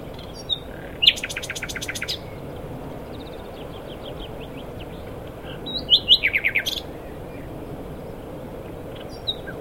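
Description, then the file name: Common nightingale singing short separated phrases of rapid staccato repeated notes and sharp whistles, two main bursts several seconds apart, over a steady low rumble. "Luscinia megarhynchos"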